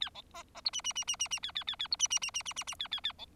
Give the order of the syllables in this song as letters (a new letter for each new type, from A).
A B C C D E E E E E E A A A A D E E E E E E E A A A B